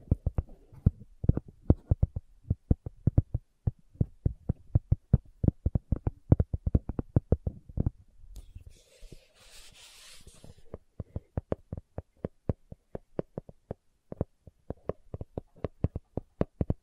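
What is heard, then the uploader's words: Slow tapping continues in a steady series of sharp, dry knocks, roughly three or four per second. Around the middle the taps stop for a couple of seconds while a soft, bright hissing rustle takes over, then the tapping resumes, a little sparser, to the end. ASMR Slow Tapping for Deep Sleep (No Talking).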